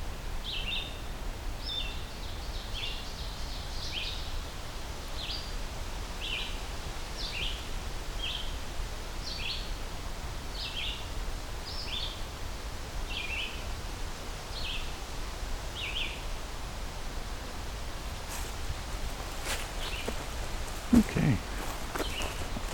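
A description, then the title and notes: Short, high bird notes repeat in a quick, even series through the first sixteen seconds, over a steady low hiss of outdoor noise. Near the end a few sharp clicks and knocks break in, with one louder thump around twenty-one seconds. I’m continuing my hike through Henhoeffer Park’s East Trail, where a variety of eastern forest species such as Red-eyed Vireo, Ovenbird, and Pine Warbler have active territories. Songbirding was recorded, engineered, narrated and created by Rob Porter.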